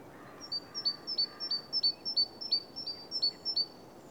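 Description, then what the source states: Bird repeating a thin, high downslurred note about three times a second, steady and regular, over low background noise. Recorded in the Oostduinen.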